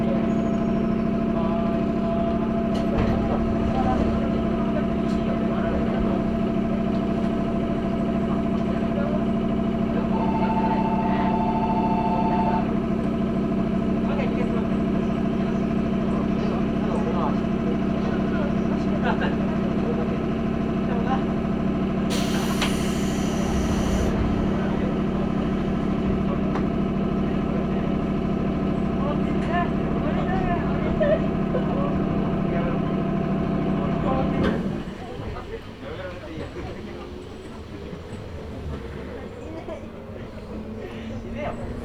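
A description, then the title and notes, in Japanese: A local train on the Chuo East Line, Nirasaki to Higashi-Yamanashi, runs with a steady, dense drone of layered humming tones and faint voices. A brief hiss bursts in around 22 seconds. Near 35 seconds the noise drops sharply, leaving a quieter rumble with a slowly rising whine. 中央東線 普通 韮崎→東山梨。韮崎を出てもまだ下り続けて甲府盆地に入ります。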